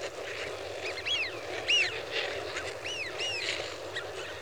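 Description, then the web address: Eurasian wigeon whistling, several whee-oo calls in quick succession from a flock. "BBC Sound Effects Library. Wigeon (Anas Penelope)"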